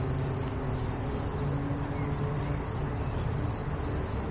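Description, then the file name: Shrill cricket chirping, rapid even pulses sustained for the whole stretch, with soft low-pitched rumble in the background. "Swierszcze"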